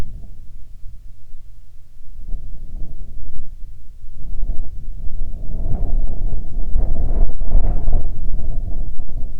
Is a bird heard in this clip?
yes